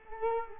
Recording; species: mosquito wingbeat signal from an infrared sensor; Culex quinquefasciatus